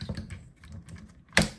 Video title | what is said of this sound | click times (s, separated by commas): Slaught of Ons - Age of the Primes 4 of 5 Commander Onslaught / Bruticus Review #transformers | like so till it clicks into place. | 1.4 s